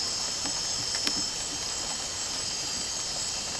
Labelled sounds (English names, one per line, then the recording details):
none
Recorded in dense forest near Puerto Asís, Putumayo, Colombia, on 12 March 2025 at 00:00
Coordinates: 0.467, -76.328
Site G041